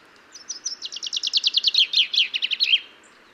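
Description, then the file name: Common chaffinch song, a rapid run of clear notes descending in pitch, accelerating toward a final ornamented flourish, heard once over quiet background. "Fringilla coelebs"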